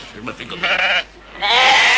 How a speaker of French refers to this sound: Qu'est-ce que c'est que tout ce bruit? C'est terrible! Une arrivée de moutons envahit la gendarmerie, il y en a partout!